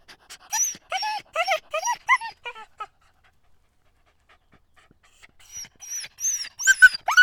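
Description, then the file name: Dogs yelping: a rapid burst of sharp, high yelps, then a quiet gap of about two seconds, then another run of shrill yelps. More than one dog, yelping. "freesound Dogs Yelping"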